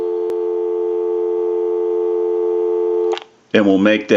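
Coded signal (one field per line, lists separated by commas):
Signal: telephone call progress tone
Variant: North America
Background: speech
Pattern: dial tone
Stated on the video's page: Heard on a Western Electric Trimline telephone during initial checkout and repair.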